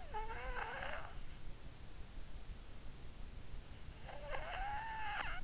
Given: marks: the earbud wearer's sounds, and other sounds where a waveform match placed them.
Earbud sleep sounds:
sounds in sleep by an in-ear microphone; snoring breath
0.03-1.42 s: snoring breath
3.98-5.44 s: snoring breath

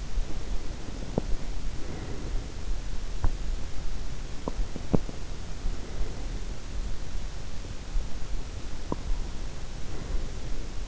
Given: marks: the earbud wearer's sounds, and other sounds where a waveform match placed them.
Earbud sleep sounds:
sounds in sleep by an in-ear microphone; breath, teeth grinding
0.00-3.02 s: breath
1.07-1.39 s: teeth grinding
3.21-5.44 s: teeth grinding
4.20-6.79 s: breath
8.61-10.88 s: breath
8.79-9.10 s: teeth grinding

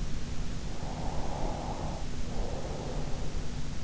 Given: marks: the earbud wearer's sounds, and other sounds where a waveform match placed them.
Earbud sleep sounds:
sounds in sleep by an in-ear microphone; breath
0.99-3.31 s: breath

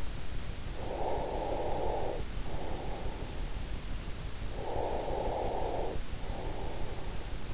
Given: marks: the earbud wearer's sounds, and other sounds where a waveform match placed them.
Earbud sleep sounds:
sounds in sleep by an in-ear microphone; breath
0.50-3.87 s: breath
4.16-7.53 s: breath

